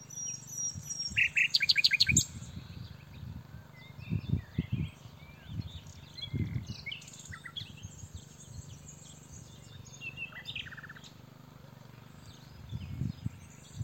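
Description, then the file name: Common nightingale singing: a run of rapidly repeated notes, then scattered whistles and chattering notes, with low rumbling noise. "Luscinia megarhynchos"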